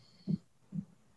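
Two short, low-pitched snorting rumbles come about half a second apart over quiet room noise, with a faint steady high hum at the start. It is a bulldog snoring in the background.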